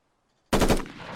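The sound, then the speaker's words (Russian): After a moment of silence, a loud, rapid burst of gunfire erupts, aimed at a woman who is dodging the bullets: three or four shots fired in quick succession, followed by a brief rumbling tail that fades off. “Уворачивается от пуль, походу.”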